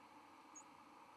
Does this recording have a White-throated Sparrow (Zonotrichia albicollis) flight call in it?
no